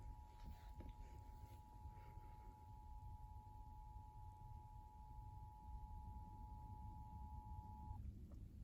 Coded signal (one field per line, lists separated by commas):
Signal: Emergency Alert System (SAME) tones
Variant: 853 and 960 Hz attention tone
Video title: Test from 9/23/2024 | At 11 PM?! Thanks WRDQ! | EAS #4